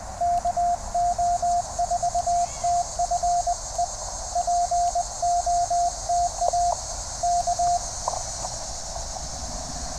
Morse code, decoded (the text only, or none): KO4TFE POTA K